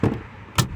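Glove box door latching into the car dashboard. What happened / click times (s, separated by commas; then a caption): The panel door latched shut / 0.6 s. A glove box door on a Chrysler 200 dashboard is swung back up into place after a cabin air filter change, with a softer thump near 0.0 s as it comes up. It is then slammed home with a sharp, loud latch click at 0.6 s, and the glove box is latched shut.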